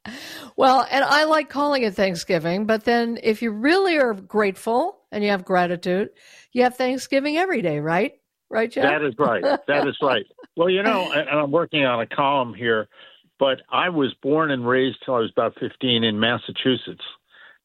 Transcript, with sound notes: Well, and I like calling it Thanksgiving, but then if you really are grateful and you have gratitude, you have Thanksgiving every day, right? Right, Jeff?
That is right.
(laughs)
That is right. Well, you know, a- and I'm working on a column here, but I was born and raised till I was about 15 in Massachusetts